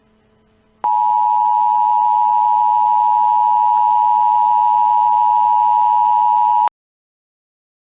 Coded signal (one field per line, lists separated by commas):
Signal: Emergency Alert System (SAME) tones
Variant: 853 and 960 Hz attention tone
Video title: EAS Mock: Debris and dangerous hazards in Cedar Rapids, IA causes RARE Civil Danger Warning